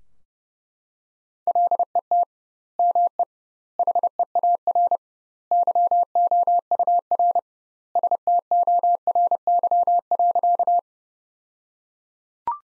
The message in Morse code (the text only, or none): LET ME HEAR YOUR STORY.